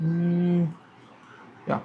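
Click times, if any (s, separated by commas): 1.7 s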